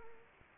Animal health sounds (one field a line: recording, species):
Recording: mosquito wingbeat signal from an infrared sensor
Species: Anopheles arabiensis